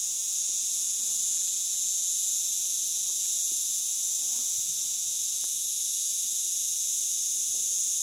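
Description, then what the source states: Cicadas buzzing in a dense, steady chorus, a continuous high shimmering drone without pauses. Recorded 18 July 2013; several cicadas.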